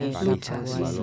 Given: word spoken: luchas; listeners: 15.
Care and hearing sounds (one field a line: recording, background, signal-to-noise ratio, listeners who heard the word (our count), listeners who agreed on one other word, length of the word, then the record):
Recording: one Spanish word in noise, from a listening test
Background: four-talker babble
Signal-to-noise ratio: 0.6 dB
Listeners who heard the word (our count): 3 of 15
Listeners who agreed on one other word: 10 of 15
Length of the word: 0.63 s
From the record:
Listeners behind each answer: 10, 3, 1, 1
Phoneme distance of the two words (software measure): 7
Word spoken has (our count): 2 syllables, 5 phonemes, stress on syllable 1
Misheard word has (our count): 2 syllables, 4 phonemes, stress on syllable 1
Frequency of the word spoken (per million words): 13.12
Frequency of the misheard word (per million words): 133.94